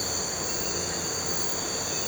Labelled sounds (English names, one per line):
none